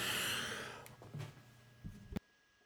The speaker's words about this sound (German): Du musst immer husten, Entschuldigung.